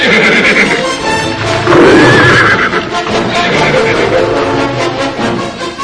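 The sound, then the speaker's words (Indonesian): A young horse lets out a loud, wavering whinny that rises and falls in pitch as an old lion leaps on it while it grazes, with a busy clatter of hooves and scuffling running underneath throughout as the horse kicks at the lion. “Lalu pada kesempatan yang baik, dia melompat menerjang si kuda yang sedang asik merumput.”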